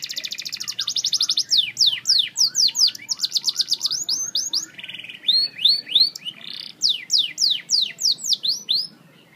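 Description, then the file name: Canary song, a fast continuous stream of high rolled trills and sweeping notes, changing tour every second or two with a brief lower buzzy section mid-way. Snow White canary. "audio kenari snow white"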